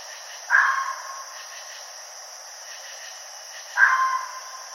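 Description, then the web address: Red fox calls, two brief rough harmonic cries about three seconds apart, with faint pulsing chirps and a steady high hiss beneath. Recorded on 29 June 2012. "Red Fox 2012 06 29"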